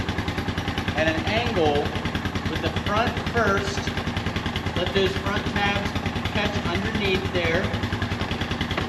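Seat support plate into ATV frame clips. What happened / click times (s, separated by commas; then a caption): Handled, not yet home: no seating click before the part goes in / none. An ATV seat support plate is being fitted at an angle, front first, so its front tabs catch underneath the frame clips, while someone talks over a steady low, engine-like hum. A few short, faint knocks come through, but nothing has seated or clicked yet.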